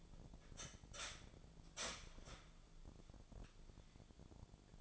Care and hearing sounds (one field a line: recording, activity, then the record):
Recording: daily activity, microphone in the room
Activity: start toaster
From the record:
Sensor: 5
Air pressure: 1000.3 hPa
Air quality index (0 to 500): 126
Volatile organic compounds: 2 ppm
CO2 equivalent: 998 ppm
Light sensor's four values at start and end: 85/200/86/93 and 85/200/85/92